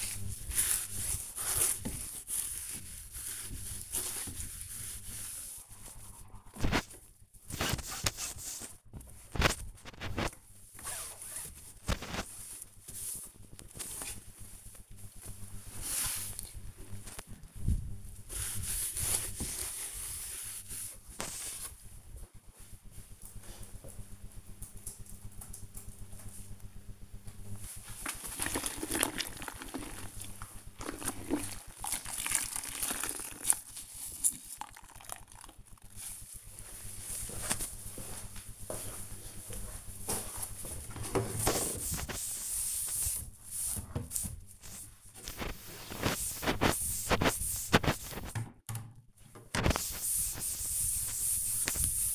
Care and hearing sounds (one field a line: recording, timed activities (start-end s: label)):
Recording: household activities, microphone on the right wrist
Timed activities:
0.00-21.67 s: cleaning shelf
26.68-52.15 s: cleaning shelf